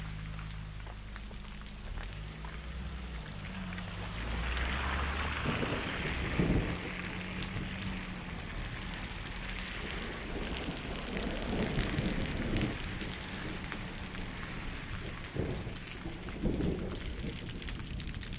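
Rain falls steadily throughout, a dense hiss of drops with scattered sharper patters on surfaces. Low rumbles of thunder roll underneath, swelling around six seconds and again near twelve and sixteen seconds. A faint high whine runs constantly above the rain.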